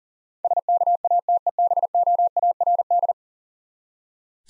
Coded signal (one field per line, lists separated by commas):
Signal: Morse code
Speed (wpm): 40 wpm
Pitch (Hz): 700 Hz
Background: none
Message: SKATEBOARD